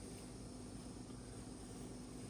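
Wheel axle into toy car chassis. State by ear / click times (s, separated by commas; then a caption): not seated / none. The chosen replacement wheels for a Hot Wheels toy car, being swapped using a soldering iron rather than a drill, are picked up and lined up with the chassis so the wheel axle can be pressed down into it. Only a steady, even low hum with broadband noise is heard, with no distinct knocks or taps. Nothing has seated or clicked yet.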